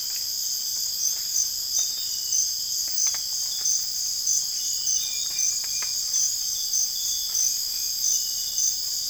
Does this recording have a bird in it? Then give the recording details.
no. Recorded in dense forest near Puerto Asís, Putumayo, Colombia, on 20 December 2024 at 03:30. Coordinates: 0.484, -76.325. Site G056